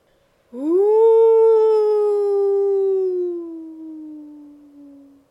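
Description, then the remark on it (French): A wolf lets out one long, mournful howl that rises quickly, holds steady, then slowly sinks in pitch as it fades over about five seconds, with nothing else heard. “Ouh. Ouh. Faisait le loup.”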